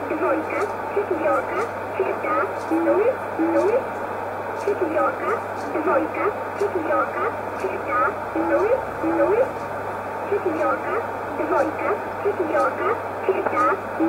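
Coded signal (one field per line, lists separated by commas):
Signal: numbers station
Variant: S11a Cherta, English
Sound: a voice speaking steadily over a shortwave radio channel, likely reading numbers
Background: radio static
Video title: 21 09 2018 S11a Cherta Numbers station in English to Eu 1020 on 7469 unknown tx site in USB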